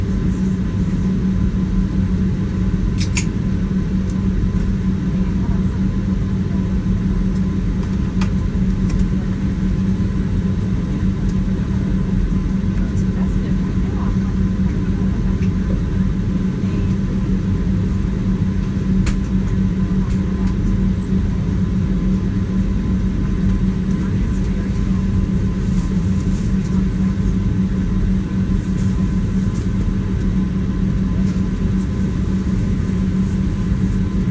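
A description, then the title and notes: A jet's engines roar during takeoff, heard as a steady, dense, low rumble with a constant hum running underneath. The level barely changes throughout. A few faint, brief clicks or rattles stand out near 3, 8 and 19 seconds. Takeoff at JFK.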